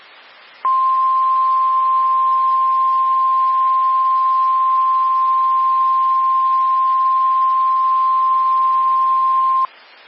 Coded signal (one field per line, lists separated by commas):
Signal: Emergency Alert System (SAME) tones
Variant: 1050 Hz attention tone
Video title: 3/22/23 - KHB37 Required Weekly Test (EAS #735)